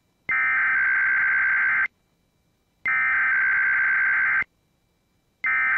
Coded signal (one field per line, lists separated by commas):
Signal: Emergency Alert System (SAME) tones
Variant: header bursts